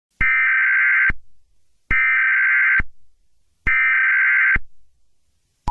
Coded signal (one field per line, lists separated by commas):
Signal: Emergency Alert System (SAME) tones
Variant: header bursts